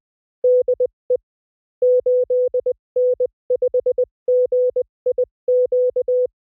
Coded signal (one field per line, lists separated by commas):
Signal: Morse code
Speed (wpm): 20 wpm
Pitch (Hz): 500 Hz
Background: none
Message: DE 8N5GIQ